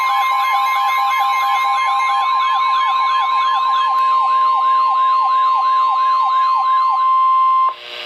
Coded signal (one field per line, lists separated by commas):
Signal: Emergency Alert System (SAME) tones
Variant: 1050 Hz attention tone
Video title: Severe Thunderstorm Warning #9 - 05/12/14 (EAS #669)